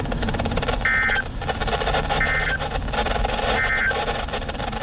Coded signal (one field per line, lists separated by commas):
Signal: Emergency Alert System (SAME) tones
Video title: EAS #46-#49: Marine Warnings on the go! | KHB36 & WZ2527